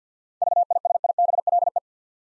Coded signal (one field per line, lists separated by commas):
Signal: Morse code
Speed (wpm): 53 wpm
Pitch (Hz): 700 Hz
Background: none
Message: VISIBLE